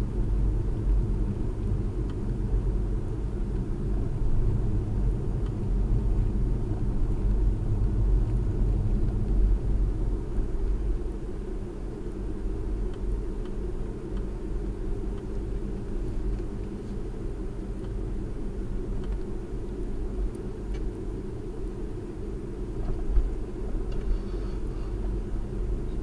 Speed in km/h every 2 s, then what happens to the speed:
35, 37, 35, 35, 39, 39, 39, 39, 39, 39, 37, 39, 39.
0-26 steady at about 39.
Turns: none.